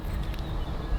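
An MC4 solar cable connector is being handled while its crimped pin is fitted into the connector housing during termination on solar panel wires. Only steady low-frequency rumble and faint background noise are heard, with no distinct click. Nothing has seated or clicked yet.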